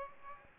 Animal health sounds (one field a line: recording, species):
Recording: mosquito wingbeat signal from an infrared sensor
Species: Aedes aegypti